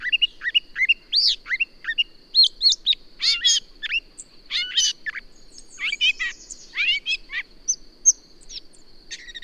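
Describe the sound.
Birdsong of loud rising whistles and chirps, with a buzzy trill past the middle, over a steady high background tone.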